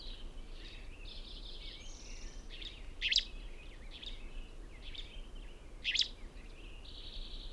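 Bird chorus of mixed whistles and trills, with two louder sharp bursts about three seconds apart, over steady low background noise.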